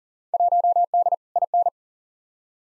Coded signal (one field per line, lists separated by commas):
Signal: Morse code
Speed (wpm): 40 wpm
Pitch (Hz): 700 Hz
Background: none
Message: 1D IN